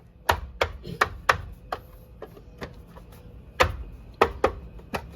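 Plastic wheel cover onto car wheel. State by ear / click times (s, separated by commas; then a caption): seated / 0.3 s, 0.6 s, 1.0 s, 1.3 s, 4.2 s, 4.4 s. A plastic Lasfit hub cap wheel cover is pressed onto the wheel of a 2023 Tesla Model Y Long Range Dual Motor. Its clips snap on one after another with sharp taps at 0.3, 0.6, 1.0, 1.3, 4.2 and 4.5 seconds, with fainter taps in between. The cover is seated on the wheel.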